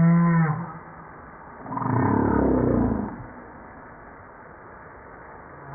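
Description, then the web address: Humpback whale calls: a brief low harmonic tone, then a broad rough groan lasting over a second. From a 2013 JASA publication. "JASA 2013 Blue Bowhead Fin Humpback Southern Right Whale humpback 940305 0937"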